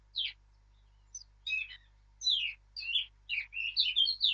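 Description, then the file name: Eurasian blackcap song: a rich, varied warble of fast scratchy and fluty notes in short bursts, building toward a denser, louder flourish at the end. "Sylvia atricapilla"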